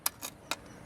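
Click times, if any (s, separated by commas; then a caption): 0.1 s. A key is turned clockwise in the battery lock of an Austhraa Rifle T9 electric bicycle, reversing the earlier anticlockwise unlocking, to lock the battery pack into the frame. A sharp click at 0.1 s marks the pack locking in, followed by a softer, broader tick around 0.3 s and another sharp click at 0.5 s. The battery pack is locked.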